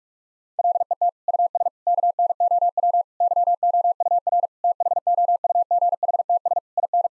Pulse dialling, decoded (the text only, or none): none